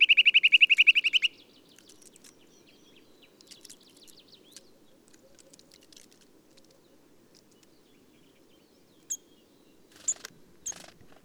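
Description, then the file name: Eurasian nuthatch calling with a brief, rapid run of loud piping notes at the start, followed by near silence with a few faint clicks and soft ticks. "Sitta europaea"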